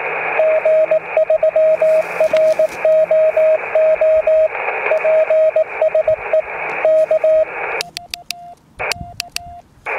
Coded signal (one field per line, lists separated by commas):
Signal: Morse code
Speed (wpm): 19 wpm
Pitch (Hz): 630 Hz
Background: radio noise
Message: G3ROO PSE K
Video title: The best portable antenna you've probably never heard of (Bobtail curtain for 14 MHz and more)